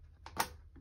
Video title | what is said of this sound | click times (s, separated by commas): Comment raccorder une prise fibre ? (câblage d'une PTO) | vous le mettez dans le trou et vous devez entendre un petit clipse | 0.4 s